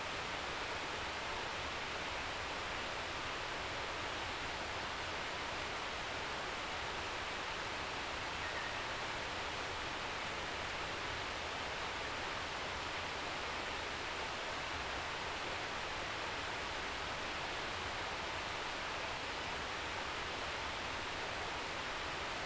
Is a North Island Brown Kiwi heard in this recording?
no